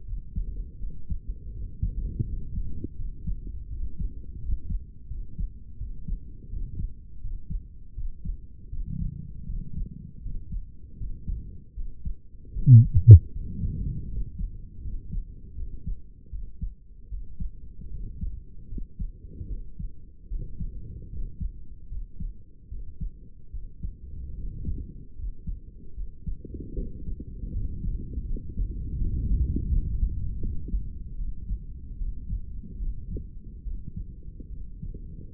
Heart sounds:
heart sounds by stethoscope; 78 bpm
0.05 s: heartbeat
0.78 s: heartbeat
1.52 s: heartbeat
2.25 s: heartbeat
2.96 s: heartbeat
3.68 s: heartbeat
4.39 s: heartbeat
5.08 s: heartbeat
5.78 s: heartbeat
6.50 s: heartbeat
7.21 s: heartbeat
7.95 s: heartbeat
8.70 s: heartbeat
9.46 s: heartbeat
10.22 s: heartbeat
10.97 s: heartbeat
11.74 s: heartbeat
12.53 s: heartbeat
13.32 s: heartbeat
14.08 s: heartbeat
14.81 s: heartbeat
15.55 s: heartbeat
16.30 s: heartbeat
17.09 s: heartbeat
17.91 s: heartbeat
18.69 s: heartbeat
19.48 s: heartbeat
20.29 s: heartbeat
21.10 s: heartbeat
21.89 s: heartbeat
22.69 s: heartbeat
23.51 s: heartbeat
24.35 s: heartbeat
25.16 s: heartbeat
25.95 s: heartbeat
26.75 s: heartbeat
27.52 s: heartbeat
28.26 s: heartbeat
28.97 s: heartbeat
29.68 s: heartbeat
30.40 s: heartbeat
31.17 s: heartbeat
31.97 s: heartbeat
32.79 s: heartbeat
33.64 s: heartbeat
34.50 s: heartbeat
From the record:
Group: healthy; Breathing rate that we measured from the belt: 16 breaths a minute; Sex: male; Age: 35 years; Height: 180 cm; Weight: 86.9 kg

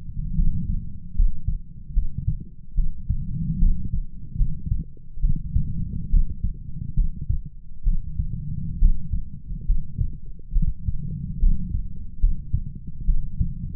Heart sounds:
heart sounds by stethoscope; 71 bpm
0.34 s: heartbeat
1.14 s: heartbeat
1.92 s: heartbeat
2.74 s: heartbeat
3.58 s: heartbeat
4.36 s: heartbeat
5.20 s: heartbeat
6.09 s: heartbeat
6.94 s: heartbeat
7.83 s: heartbeat
8.77 s: heartbeat
9.65 s: heartbeat
10.51 s: heartbeat
11.38 s: heartbeat
12.18 s: heartbeat
13.04 s: heartbeat
From the record:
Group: healthy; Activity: rest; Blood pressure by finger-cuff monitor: 98/56 mmHg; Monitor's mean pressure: 73 mmHg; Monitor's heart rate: 71 bpm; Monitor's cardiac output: 6.6 L/min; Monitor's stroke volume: 94 mL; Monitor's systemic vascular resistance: 780 dyn s/cm5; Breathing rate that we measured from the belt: 23 breaths a minute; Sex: female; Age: 26 years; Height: 165 cm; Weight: 55 kg

